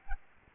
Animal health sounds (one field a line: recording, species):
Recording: mosquito wingbeat signal from an infrared sensor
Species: Aedes albopictus